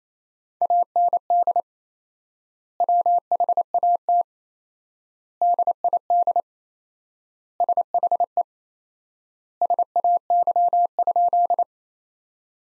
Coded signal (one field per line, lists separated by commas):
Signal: Morse code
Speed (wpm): 28 wpm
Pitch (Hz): 700 Hz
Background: none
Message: AND WHAT DID SHE SAY?